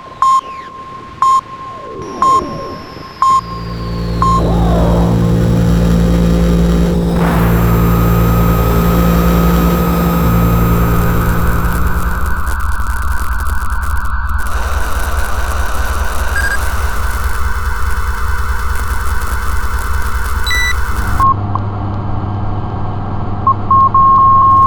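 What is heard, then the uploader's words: Electronic transmission sounds open with regular high beeps about once a second over sweeping tones. Near the five-second mark a dense, loud drone of layered low hums and static takes over and shifts in sections, then thins to a buzzing hiss with beeps returning near the end. Signal - Communication Sound Effects. A wide range of transmission sound FX, static and evolving noise background sounds, pulsing electric signals, radio interferences and more.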